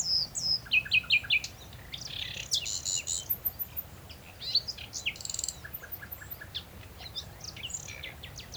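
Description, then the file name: Common nightingale song with repeated liquid chirps, a harsh buzzy burst, then a run of rapid clicking notes fading into softer ticks. "Luscinia megarhynchos"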